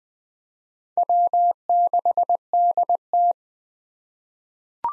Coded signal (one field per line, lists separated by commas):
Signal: Morse code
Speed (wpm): 20 wpm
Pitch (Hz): 700 Hz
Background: none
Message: W6DT